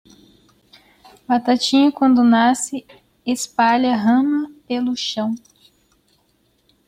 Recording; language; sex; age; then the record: short text; Brazilian Portuguese; female; 30 to 39 years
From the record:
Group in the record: control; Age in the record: 38 years